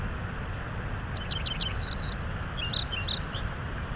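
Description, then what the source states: Lincoln's sparrow singing a quick, bubbly phrase of high sweet notes over the steady roar of rushing water. Singing beside Tonahutu Creek at Big Meadows, west side of Rocky Mountain National Park, Colorado; roaring creek nearby; song described as sweet sounding with a little melancholy.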